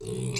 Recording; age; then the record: pig call; weaner (32 to 43 days)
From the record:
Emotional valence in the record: negative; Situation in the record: short isolation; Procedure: open field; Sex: female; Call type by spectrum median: low-frequency call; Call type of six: mixed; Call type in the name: high-frequency modulated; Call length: 0.40 s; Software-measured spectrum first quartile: 222 Hz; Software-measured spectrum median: 961 Hz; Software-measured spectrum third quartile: 5103 Hz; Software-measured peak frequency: 416 Hz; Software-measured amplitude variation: 131 dB a second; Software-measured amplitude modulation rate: 30.1 a second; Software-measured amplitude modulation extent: 4.4 dB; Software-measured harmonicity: 9.6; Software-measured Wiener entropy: -4.21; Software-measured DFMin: 1052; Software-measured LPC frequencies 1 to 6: 364, 2336, 3897, 4258, 5009, 6043 Hz